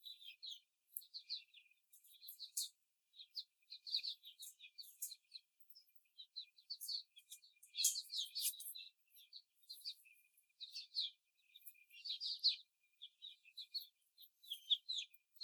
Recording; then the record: young laying hens in a cage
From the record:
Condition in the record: before the stressor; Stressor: simulated dog barking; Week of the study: 4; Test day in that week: 2